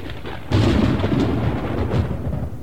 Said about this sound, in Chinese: 这时天上滚过一阵雷声